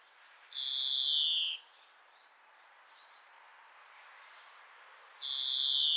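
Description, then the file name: European greenfinch call: two drawn-out, nasal, slightly falling wheezes separated by a few seconds of quiet, the second cut off at the end. "Chloris chloris"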